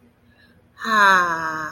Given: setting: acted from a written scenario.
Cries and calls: vocal sound without words; contentment

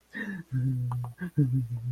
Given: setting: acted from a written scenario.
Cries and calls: vocal sound without words; distress

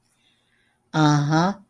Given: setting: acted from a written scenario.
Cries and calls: vocal sound without words; shame

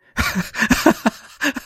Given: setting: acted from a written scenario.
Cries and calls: vocal sound without words; amusement

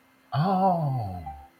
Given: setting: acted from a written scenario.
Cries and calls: vocal sound without words; realization

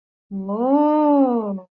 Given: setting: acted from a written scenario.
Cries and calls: vocal sound without words; realization

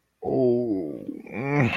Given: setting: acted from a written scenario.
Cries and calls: vocal sound without words; sadness

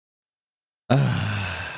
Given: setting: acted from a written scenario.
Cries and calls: vocal sound without words; contentment

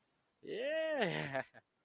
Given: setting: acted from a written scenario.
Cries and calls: vocal sound without words; triumph

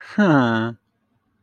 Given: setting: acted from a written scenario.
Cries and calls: vocal sound without words; adoration

